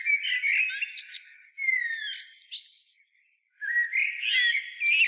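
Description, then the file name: Common blackbird singing a rich mix of warbled and squeaky twittering phrases, a short quiet gap after about three seconds, then a fresh burst of high chattering notes. "Turdus merula"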